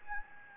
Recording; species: mosquito wingbeat signal from an infrared sensor; Anopheles gambiae